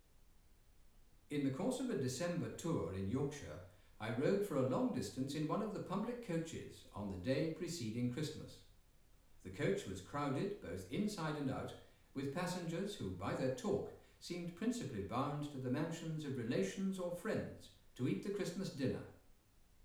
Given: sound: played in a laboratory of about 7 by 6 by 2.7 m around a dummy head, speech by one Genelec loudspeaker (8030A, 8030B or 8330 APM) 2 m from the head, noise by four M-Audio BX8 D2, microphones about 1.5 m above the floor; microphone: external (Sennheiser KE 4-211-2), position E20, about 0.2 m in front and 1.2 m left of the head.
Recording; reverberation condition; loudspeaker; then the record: male speech in English; medium; 30 degrees to the right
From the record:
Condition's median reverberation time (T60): about 510 ms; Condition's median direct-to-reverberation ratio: about -0.5 dB